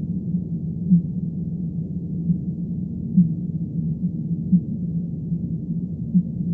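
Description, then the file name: Fin whale calls: brief low pulses recurring roughly every one to two seconds, heard above steady deep underwater rumble. "B physalus"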